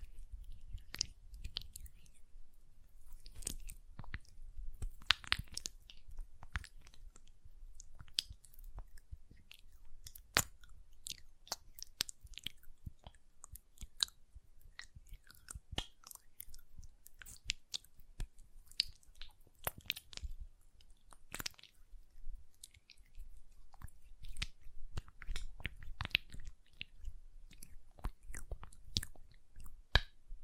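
Hand sounds with quick nail taps and moist, squishy lotion rubbing, a steady stream of sharp clicks and soft wet smacks. Taps come densely and irregularly throughout, with a low rumble beneath and a few louder clicks near 5 and 30 seconds.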